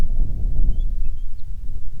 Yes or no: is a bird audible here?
yes